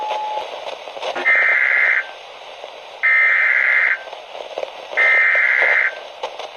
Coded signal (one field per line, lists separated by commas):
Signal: Emergency Alert System (SAME) tones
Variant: header bursts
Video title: Rating EAS (A-Z) #16